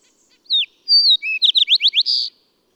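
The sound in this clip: Bird song with a falling opening note, a clear level whistle, then several fast upward-sweeping notes and a buzzy ending.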